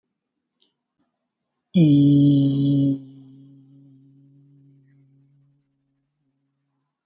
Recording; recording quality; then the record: sustained vowel as in beet; excellent, no background noise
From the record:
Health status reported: COVID-19 positive, moderate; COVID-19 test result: positive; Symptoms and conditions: cough, breathing difficulty, fever, muscle pain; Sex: male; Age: 43 years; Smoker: not ticked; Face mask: worn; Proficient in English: yes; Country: India